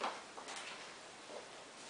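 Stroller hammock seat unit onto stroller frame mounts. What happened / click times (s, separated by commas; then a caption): Stroller seat unit lined up on mounts, not yet clicked in / none. A hammock seat unit for a Bébé Confort High Trek stroller is handled and lined up with the small supports on the stroller frame, since those supports have to be found first before it is pushed down to click in. A sharp knock at 0.0 s is followed by light plastic taps and rustling over a steady hiss. Nothing has seated or clicked yet.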